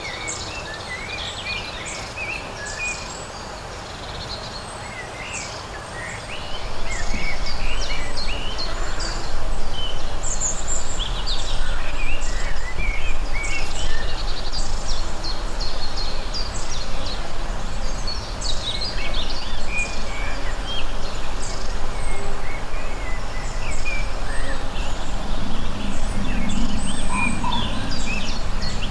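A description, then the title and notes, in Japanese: Birds sing sweet melodies outdoors, many overlapping chirps and bright trills scattered densely through the upper range. A steady low rumble runs underneath and grows louder and rougher just before the seven-second mark, staying that way to the end. 庭の夏の日。ほとんど風のない夏の日の魔法を体験してください。鳥たちが甘いメロディを歌い。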